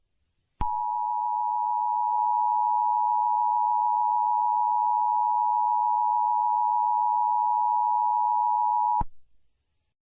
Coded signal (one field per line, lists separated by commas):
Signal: Emergency Alert System (SAME) tones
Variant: 853 and 960 Hz attention tone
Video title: EAS Scenario/Mock #13 - Admin/Romeo